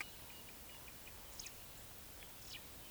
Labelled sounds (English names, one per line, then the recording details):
Eurasian Woodcock whistle
Eurasian Woodcock croak
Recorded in Baden-Württemberg, Germany, on 20 May 2021 at 19:35 UTC
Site 24606, 635 m above sea level